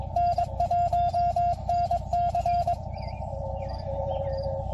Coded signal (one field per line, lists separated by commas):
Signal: Morse code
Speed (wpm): 22 wpm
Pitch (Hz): 700 Hz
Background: none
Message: N1NC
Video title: K1BG Bruce Operating CW on Field Day 2024